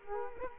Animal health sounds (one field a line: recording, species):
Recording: mosquito wingbeat signal from an infrared sensor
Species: Culex quinquefasciatus